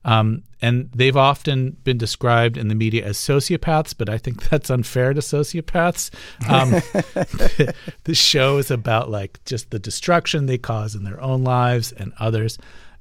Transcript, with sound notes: And they've often been described in the media as sociopaths, but I think that's unfair to sociopaths.
(Laughter).
The show is about, like, just the destruction they cause in their own lives and others.